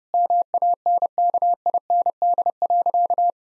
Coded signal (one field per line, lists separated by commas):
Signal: Morse code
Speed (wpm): 32 wpm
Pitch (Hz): 700 Hz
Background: none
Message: MANKIND.